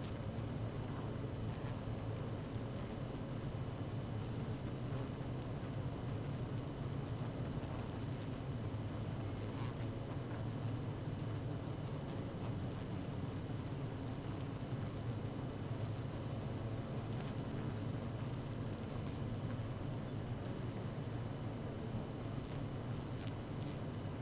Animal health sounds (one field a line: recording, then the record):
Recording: honeybee colony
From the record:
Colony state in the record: active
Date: 12 June 2018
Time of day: 17:08